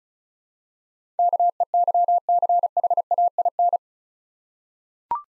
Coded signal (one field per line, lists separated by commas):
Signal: Morse code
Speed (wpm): 36 wpm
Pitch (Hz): 700 Hz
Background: none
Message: KEYCHAIN